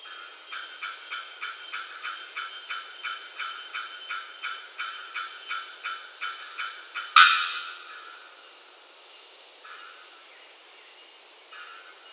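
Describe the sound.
Bellbird song: a long train of many evenly spaced harmonic pulses, then one loud, ringing, clanging note that fades away, followed by a few faint notes.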